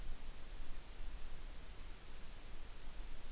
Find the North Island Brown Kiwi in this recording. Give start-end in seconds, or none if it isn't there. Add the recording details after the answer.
none. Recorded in New Zealand on 8 June 2014. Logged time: 02:19